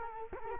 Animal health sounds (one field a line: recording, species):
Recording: mosquito wingbeat signal from an infrared sensor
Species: Culex quinquefasciatus